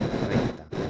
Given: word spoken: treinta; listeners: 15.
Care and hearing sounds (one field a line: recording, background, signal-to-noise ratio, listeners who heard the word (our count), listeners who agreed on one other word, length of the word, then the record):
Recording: one Spanish word in noise, from a listening test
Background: noise modulated by one talker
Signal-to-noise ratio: -9.1 dB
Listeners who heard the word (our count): 4 of 15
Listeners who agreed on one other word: 7 of 15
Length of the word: 0.50 s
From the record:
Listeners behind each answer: 7, 4, 1, 1, 1, 1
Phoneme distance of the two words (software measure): 34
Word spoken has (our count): 2 syllables, 7 phonemes, stress on syllable 1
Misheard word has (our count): 2 syllables, 5 phonemes, stress on syllable 1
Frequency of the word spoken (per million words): 74.36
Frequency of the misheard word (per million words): 18.44